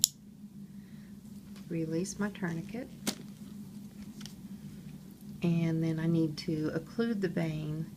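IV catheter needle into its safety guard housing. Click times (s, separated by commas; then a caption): 0.0 s. After an IV catheter is advanced into the vein, the plastic needle hub is pulled back into its safety guard housing while a finger stays on the tab. The safety mechanism locks with a sharp, short click at 0.0 s. Someone then talks over a quiet, low hum, with a few faint ticks in the background.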